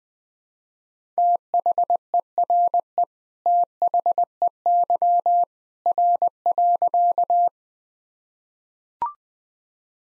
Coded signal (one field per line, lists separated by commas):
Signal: Morse code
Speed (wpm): 20 wpm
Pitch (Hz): 700 Hz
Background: none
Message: THERE THEY R.